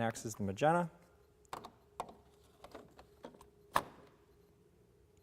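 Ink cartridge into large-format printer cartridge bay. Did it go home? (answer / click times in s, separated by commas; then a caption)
yes / 3.8 s. Someone talks at the start, then a magenta ink cartridge is lined up on the guide rail and pushed into the cartridge bay of an Epson T Series large-format printer, with soft knocks and taps along the way. A sharp, loud click at 3.8 s marks the cartridge snapping home, seated.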